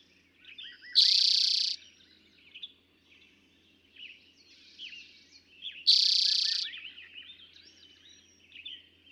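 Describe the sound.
Eastern towhee song: a brief lead note running into a dense buzzy trill lasting under a second, repeated about five seconds later, with other birds chirping behind.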